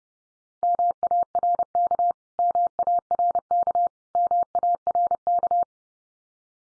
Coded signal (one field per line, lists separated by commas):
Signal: Morse code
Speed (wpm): 30 wpm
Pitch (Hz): 700 Hz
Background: none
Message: MARK MARK MARK